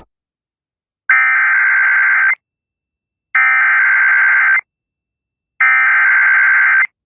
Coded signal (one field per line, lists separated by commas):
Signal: Emergency Alert System (SAME) tones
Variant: header bursts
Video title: US Emergency Alert Systems 2026 (part 9)